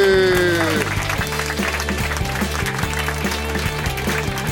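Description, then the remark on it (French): An audience claps steadily as a radio show host is introduced at the start of the show, the applause running beneath loud music that opens with a falling sweep and settles into a steady pulsing bass rhythm. “les beaux applaudissements.”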